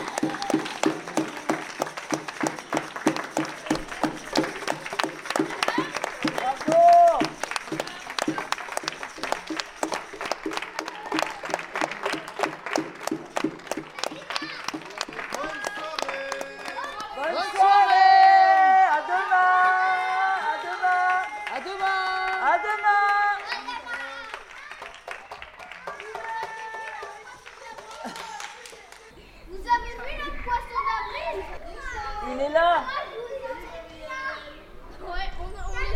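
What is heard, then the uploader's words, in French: Neighbours on a street clap and make noise from doorways and windows, the dense patter of applause carrying from several spots at once. Around the middle, bright whistling or cheering tones rise over the clapping, and toward the end voices of children and adults grow clearer. Les voisins de la rue de La Bruyère se mettent seul ou en famille à la porte, à la fenêtre pour applaudir, faire du bruit avec un instrument.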